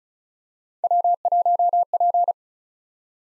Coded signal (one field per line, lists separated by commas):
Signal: Morse code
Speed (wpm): 34 wpm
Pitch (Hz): 700 Hz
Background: none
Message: W1P